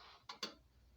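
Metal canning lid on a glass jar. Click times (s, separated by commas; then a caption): 0.3 s, 0.4 s. A metal canning lid on a hot glass jar of corn relish, just lifted out of the water bath, flexes down as the jar cools. Two sharp clicks sound at 0.3 s and 0.43 s against a faint background hiss. The lid is sealed.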